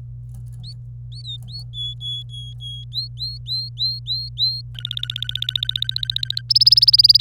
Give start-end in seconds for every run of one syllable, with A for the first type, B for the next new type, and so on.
0.64-0.73 A, 1.12-1.63 A, 1.74-2.84 B, 2.92-4.61 A, 4.75-6.41 C, 6.50-7.21 D